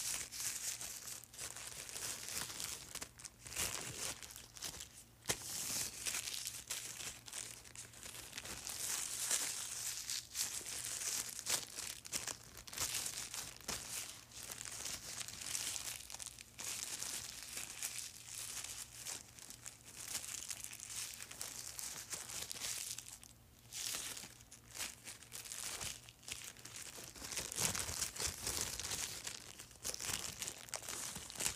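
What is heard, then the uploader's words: Tissue paper is crinkled and crumpled for the whole stretch, a dense, bright, crackling rustle that swells and eases without pause. A few brief lulls fall around 5, 23 and 27 seconds, and a faint low hum sits underneath throughout. ASMR Crinkling Tissue Paper.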